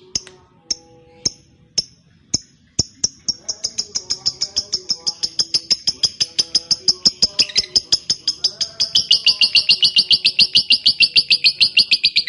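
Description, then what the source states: Lovebird starting with a few spaced clicks, then building into an accelerating stream of sharp chirps that becomes a dense, buzzy trill. Fighter-type lovebird singing energetically, described as gacor.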